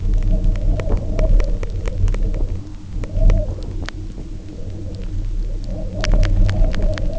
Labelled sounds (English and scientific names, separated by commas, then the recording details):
none
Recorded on Arctic tundra, site UTQI-0, on 27 June 2018
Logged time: 16:00